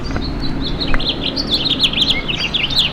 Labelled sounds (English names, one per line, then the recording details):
House Finch song
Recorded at Freeport on Long Island, New York, on 28 May 2013
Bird C